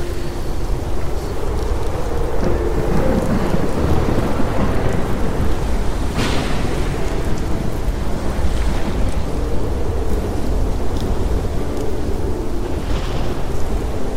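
A storm roars steadily, with dense, low rumbling wind and rain, a brief brighter gust near six seconds and another around thirteen.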